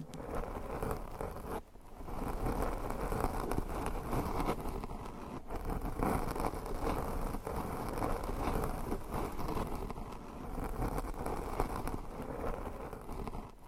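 Nails scratching over microphones and their covers make a dense, rough, continuous rasping that stays mostly low and full. The scraping runs steadily with quick irregular strokes, broken by brief dropouts near two and five and a half seconds.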